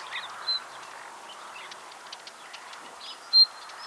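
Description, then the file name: Common nightingale: a short high whistle near the start and a louder, slightly longer one near the end, with scattered faint bird chirps and hiss between. "Luscinia megarhynchos"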